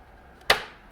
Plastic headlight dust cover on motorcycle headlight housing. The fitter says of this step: hear it click and then we're going to have access back there to our headlight and the rest of the components